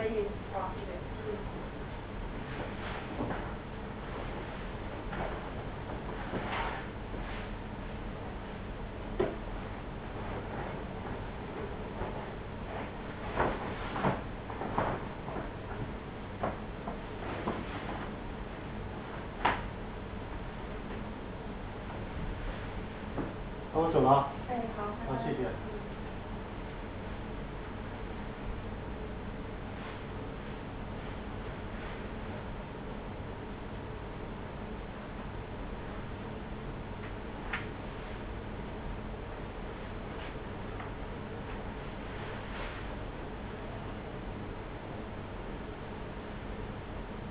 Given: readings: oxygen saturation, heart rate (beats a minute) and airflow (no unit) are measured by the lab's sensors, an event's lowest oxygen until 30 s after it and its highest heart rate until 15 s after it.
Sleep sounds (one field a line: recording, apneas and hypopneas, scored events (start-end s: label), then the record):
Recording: a person awake in a sleep study, by a voice recorder at the bedside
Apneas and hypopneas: none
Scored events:
0.00-47.30 s: awake
0.00-47.30 s: awake
From the record:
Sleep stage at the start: awake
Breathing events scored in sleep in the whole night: 210 in 6.9 hours asleep